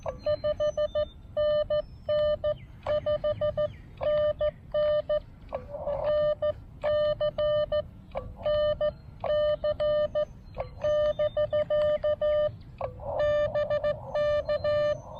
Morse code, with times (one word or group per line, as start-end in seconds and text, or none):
0.3-5.2 5NN5NN
6.1-7.8 NC
8.5-10.2 NC
10.8-12.5 <BK>
13.2-14.9 BK